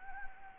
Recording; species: mosquito wingbeat signal from an infrared sensor; Anopheles gambiae